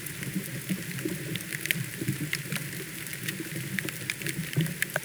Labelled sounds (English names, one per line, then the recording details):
none
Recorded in pastures near Puerto Asís, Putumayo, Colombia, on 27 June 2025 at 16:30
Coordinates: 0.486, -76.323
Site H29